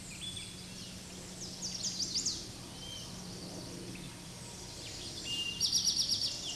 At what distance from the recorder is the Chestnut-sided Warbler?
about 20 m